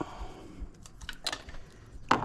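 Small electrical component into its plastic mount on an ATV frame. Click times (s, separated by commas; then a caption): 2.1 s. A small electrical component on a Honda FourTrax Foreman Rubicon 4x4 ATV, relocated high on the frame to keep it dry, is slid into its plastic mount. Faint scraping and light plastic taps lead up to a sharp, bright click at 2.1 s as it seats in the holder.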